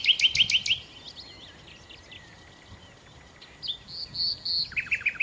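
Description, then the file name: Common nightingale song: opens with fast loud repeated notes, then quieter varied phrases, a sustained high whistle and a closing burst of rapid repeated notes. "Nachtigall"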